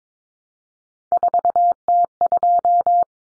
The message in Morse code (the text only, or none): 4T2